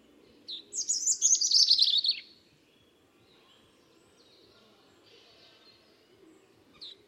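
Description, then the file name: European robin singing one brief, high, sweeping jumbled phrase near the start, followed by quiet with a low background hum and a faint note. "Erithacus rubecula"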